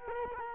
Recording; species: mosquito wingbeat signal from an infrared sensor; Culex quinquefasciatus